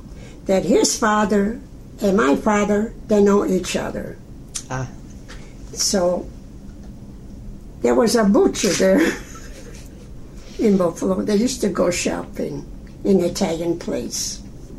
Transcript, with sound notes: that his father and my father they know each other. So, there was a butcher there (laughs) in Buffalo. They used to go shopping in Italian place